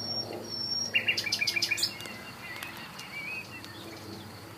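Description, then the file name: Common nightingale song: two thin high whistles, then a fast burst of loud repeated notes lasting under a second, followed by softer scattered chirps. "Luscinia megarhynchos"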